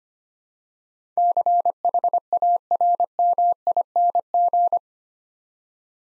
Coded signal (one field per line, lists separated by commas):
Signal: Morse code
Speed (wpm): 25 wpm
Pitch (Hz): 700 Hz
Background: none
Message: CHARMING